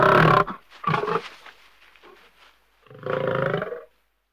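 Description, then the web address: Lion growls in rough bursts: a loud harsh opening, a second growl, a faint rumble, then a final sustained deep growl lasting about a second. "KMP Film Video Sound Effects. Leeuw - Grommend"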